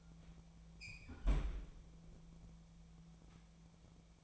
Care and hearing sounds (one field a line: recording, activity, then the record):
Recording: daily activity, microphone in the room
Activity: close fridge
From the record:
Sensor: 1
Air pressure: 1000.1 hPa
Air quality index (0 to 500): 135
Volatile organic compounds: 2 ppm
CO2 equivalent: 1274 ppm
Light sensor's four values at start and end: 37/94/40/49 and 38/95/40/49